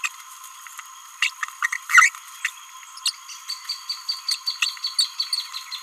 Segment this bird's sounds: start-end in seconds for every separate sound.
0.04-0.08, 1.22-1.29, 1.62-1.68, 1.72-1.75, 1.90-2.09, 2.44-2.49, 3.06-3.13